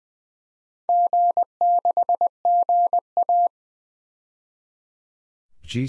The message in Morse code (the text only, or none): G6GA